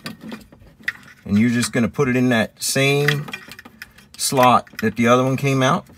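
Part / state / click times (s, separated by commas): throttle controller harness plug into throttle pedal sensor socket / not seated / none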